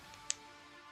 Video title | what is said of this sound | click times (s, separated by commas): Typhoeus Chimera Gundam Build #2 | there was most definitely a click there | 0.3 s